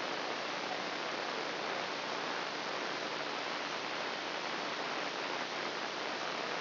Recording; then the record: brain microelectrode recording played as sound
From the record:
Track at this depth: inside the subthalamic nucleus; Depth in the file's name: 4.507 mm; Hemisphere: left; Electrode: 2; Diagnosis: Parkinson's disease